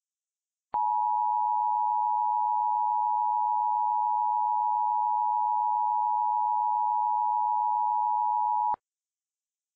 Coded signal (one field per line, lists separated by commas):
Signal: Emergency Alert System (SAME) tones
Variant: 853 and 960 Hz attention tone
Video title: EAS - Green Screen Test